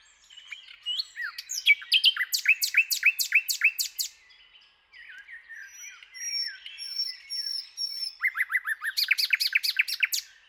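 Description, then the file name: Common nightingale song: fast sequences of sharp notes, a softer passage with high thin whistles, then another rapid repeated series. "Luscinia megarhynchos"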